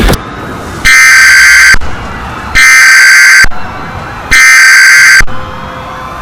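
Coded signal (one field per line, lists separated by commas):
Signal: Emergency Alert System (SAME) tones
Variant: header bursts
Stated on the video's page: Fictional EAS scenario with simulated alert tones about a war of gods across California.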